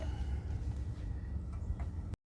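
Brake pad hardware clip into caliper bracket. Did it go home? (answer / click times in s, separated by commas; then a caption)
no / none. A greased steel anti-rattle clip, the brake pad abutment clip, is pushed into the rear brake caliper bracket of a 2013 Hyundai Elantra during a brake pad replacement. A steady low rumble fills the clip, with a brief scrape near 1.8 s before the sound cuts off abruptly at about 2.1 s. Nothing has seated or snapped in yet.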